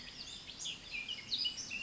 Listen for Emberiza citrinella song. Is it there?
no